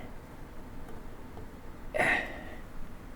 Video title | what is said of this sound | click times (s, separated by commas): [Binaural Recording] Prusa SL1S Repairs | Okay, it's on there, but I didn't hear a click. | none